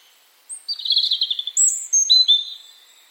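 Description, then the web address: European robin song, a short phrase mixing a high thin whistle, a rattly warbled run and clear sustained tones. "Deverinetal 2025 File origin Bird Only Er Ru"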